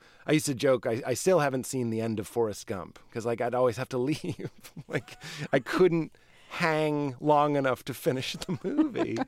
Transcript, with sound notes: so I used to joke - I still haven't seen the end of "Forrest Gump" because, like, I'd always have to leave (laughter). Like, I couldn't hang long enough to finish the movie...